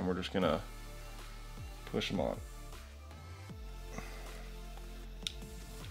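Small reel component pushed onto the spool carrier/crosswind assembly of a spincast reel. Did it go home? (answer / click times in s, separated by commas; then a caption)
partly / 5.3 s. Someone talks over steady background music while pushing a small component onto the spool carrier/crosswind assembly of an Abumatic 170 spincast fishing reel during assembly. A sharp, short hit sounds at 5.3 s. The part is on but not fully seated, so a better grip is needed.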